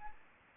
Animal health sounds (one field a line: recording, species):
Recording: mosquito wingbeat signal from an infrared sensor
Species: Aedes aegypti